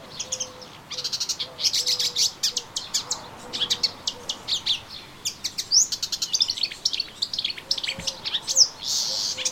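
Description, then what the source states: Melodious warbler song, a dense, hurried chatter of high chirps, trills and buzzy notes running almost without pause. Recorded in a garden on 25 June 2017.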